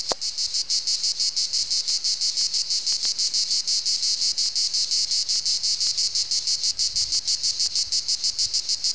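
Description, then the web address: Cicada song: a loud, harsh, high buzz pulsing rapidly and evenly, several pulses each second, continuing unbroken throughout. "cigale. jayjay"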